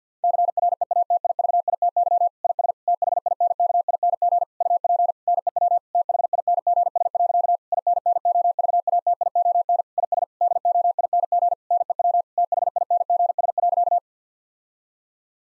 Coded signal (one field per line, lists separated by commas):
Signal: Morse code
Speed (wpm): 50 wpm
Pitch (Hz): 700 Hz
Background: none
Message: CREATIVITY IS THINKING UP NEW THINGS. INNOVATION IS DOING NEW THINGS.